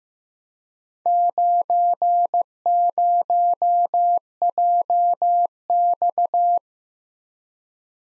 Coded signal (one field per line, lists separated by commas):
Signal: Morse code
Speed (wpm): 15 wpm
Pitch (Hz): 700 Hz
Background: none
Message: 90JX